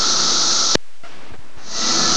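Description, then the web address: Cicadas buzzing in a steady high chorus that cuts off abruptly after a click, leaving near silence with soft rustles, then swells back in near the end. Several cicadas; recorded 23 May 2004. "fleur cicadas"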